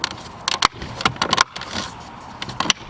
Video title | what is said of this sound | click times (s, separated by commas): BMW 335i N54 Valve Cover Gasket (E90/E91/E92/E93) | portion and locks into place. | 0.6 s